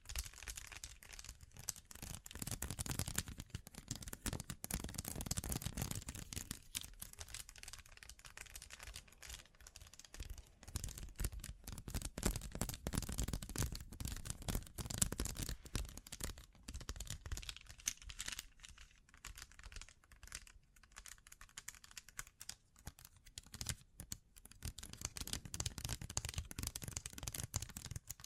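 Bling triggers: a dense, continuous stream of fast crisp clicks and rattles, like jewelry or beads handled, with bright tapping throughout.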